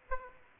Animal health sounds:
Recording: mosquito wingbeat signal from an infrared sensor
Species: Aedes aegypti

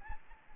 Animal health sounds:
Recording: mosquito wingbeat signal from an infrared sensor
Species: Aedes albopictus

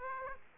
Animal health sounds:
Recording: mosquito wingbeat signal from an infrared sensor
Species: Aedes aegypti

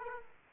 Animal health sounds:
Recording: mosquito wingbeat signal from an infrared sensor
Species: Aedes aegypti

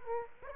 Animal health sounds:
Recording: mosquito wingbeat signal from an infrared sensor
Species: Aedes aegypti

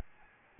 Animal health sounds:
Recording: mosquito wingbeat signal from an infrared sensor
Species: Aedes albopictus

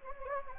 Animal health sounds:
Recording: mosquito wingbeat signal from an infrared sensor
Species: Anopheles gambiae

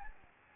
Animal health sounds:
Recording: mosquito wingbeat signal from an infrared sensor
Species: Anopheles gambiae

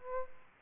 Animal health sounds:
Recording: mosquito wingbeat signal from an infrared sensor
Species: Aedes aegypti

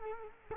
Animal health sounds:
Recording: mosquito wingbeat signal from an infrared sensor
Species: Culex quinquefasciatus

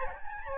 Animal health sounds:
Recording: mosquito wingbeat signal from an infrared sensor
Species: Aedes albopictus

